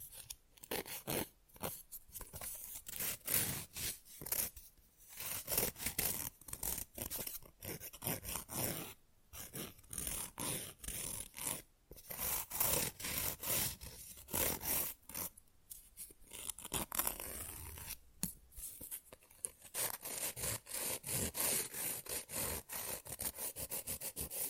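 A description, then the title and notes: Fast, rough nail filing: dense, rapid rasping strokes with a bright, hissy scratch, running almost continuously for the whole clip. The pace stays quick and uneven, broken only by brief pauses between bursts, with a few short gaps near the middle and later on. Manicure Session Fast & Rough Nail Filing + Tapping.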